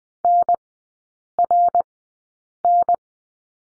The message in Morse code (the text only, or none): NRN